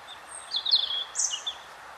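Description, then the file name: European robin giving thin, high twittering notes in a brief warbled burst, with a higher note partway through, over steady background hiss. "Erithacus rubecula"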